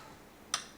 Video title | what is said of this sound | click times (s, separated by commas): DECLUTTER & ORGANIZE - 5 simple steps to organize toys and reduce clutter + Toy Organization Hacks | When you hear that first click, you open it. | 0.5 s